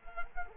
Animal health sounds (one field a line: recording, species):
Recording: mosquito wingbeat signal from an infrared sensor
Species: Culex quinquefasciatus